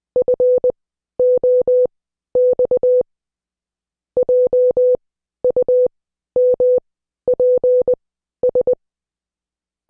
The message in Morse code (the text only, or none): FOX JUMPS